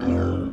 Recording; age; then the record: pig call; growing-finishing pig (85 days or more)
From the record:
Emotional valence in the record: negative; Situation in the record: barren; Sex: male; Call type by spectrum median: low-frequency call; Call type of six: low-frequency modulated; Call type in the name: low-frequency modulated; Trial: 2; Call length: 0.53 s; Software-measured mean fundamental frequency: 51 Hz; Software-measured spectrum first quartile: 138 Hz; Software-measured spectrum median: 259 Hz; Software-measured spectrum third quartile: 440 Hz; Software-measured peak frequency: 262 Hz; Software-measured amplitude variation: 123 dB a second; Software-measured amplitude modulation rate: 39.1 a second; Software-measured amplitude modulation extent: 3.2 dB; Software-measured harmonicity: -2.7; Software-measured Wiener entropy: -0.77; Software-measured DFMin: 924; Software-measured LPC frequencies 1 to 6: 340, 1396, 2314, 3059, 4609, 5381 Hz